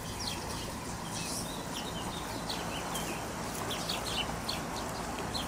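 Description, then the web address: House sparrow chirps, a run of sharp notes in quick irregular succession, over a low steady rumble. Recorded at Grudnovo nabrežje, Ljubljana, on 22 July 2022. "Passer domesticus DOMAČI VRABEC 2022-07-22 LJUBLJANA Grudnovo nabrežje"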